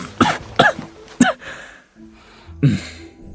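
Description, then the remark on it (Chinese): A fit of choking coughs from a man who choked on a mouthful of soy milk at breakfast: three sharp, harsh bursts in quick succession, a brief wheezy pause for breath, then one more rough cough, loud and alone with no talking. “白玉堂被入口的豆浆呛得直咳嗽，看着展昭的神情颇有些复杂，展昭不由得眯起眼睛。”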